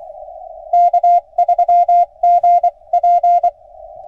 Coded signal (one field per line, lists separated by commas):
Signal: Morse code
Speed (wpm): 20 wpm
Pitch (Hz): 690 Hz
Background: none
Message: K3GP